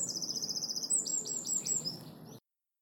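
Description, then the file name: Eurasian wren song fragment: a rapid, evenly pulsed high trill followed by quick varied chattering notes, cut off abruptly, over a soft low background hum. "Troglodytes troglodytes"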